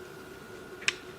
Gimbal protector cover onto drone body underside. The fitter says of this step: And then that clicks